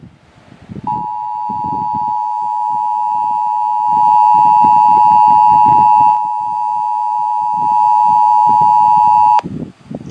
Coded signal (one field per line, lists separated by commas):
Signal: Emergency Alert System (SAME) tones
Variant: 853 and 960 Hz attention tone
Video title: Shasta EVI (EAS #3609-3612)